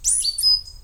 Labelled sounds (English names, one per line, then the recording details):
Stitchbird song
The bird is a male
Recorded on Tiritiri Matangi Island, New Zealand, in 2005
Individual 11, of nest box 13